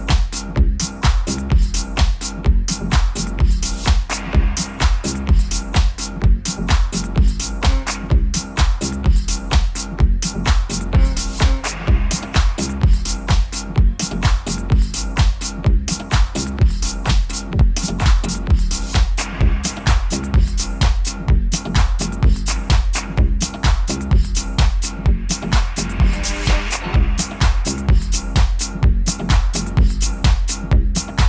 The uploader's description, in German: Klangkulisse Jesendorf